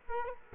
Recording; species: mosquito wingbeat signal from an infrared sensor; Culex quinquefasciatus